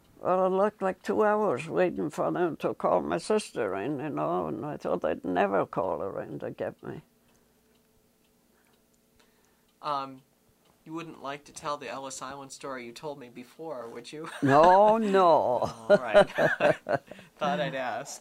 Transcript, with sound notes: Well, it looked like two hours waiting for them to call my sister in and all, and I thought they'd never call her in to get me.
You wouldn't like to tell the Ellis Island story you told me before, would you?
No. No! (laughs)
All right. I thought I'd ask.